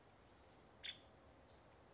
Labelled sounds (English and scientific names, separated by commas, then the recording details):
Nuttall's Woodpecker (Dryobates nuttallii)
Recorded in Sonoma County, California